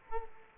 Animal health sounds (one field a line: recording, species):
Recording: mosquito wingbeat signal from an infrared sensor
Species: Culex quinquefasciatus